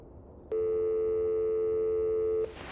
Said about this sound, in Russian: Долго слушал длинные гудки.